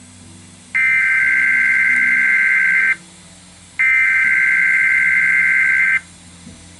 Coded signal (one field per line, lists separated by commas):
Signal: Emergency Alert System (SAME) tones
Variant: header bursts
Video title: RMT for MI (2/9/21) EAS 191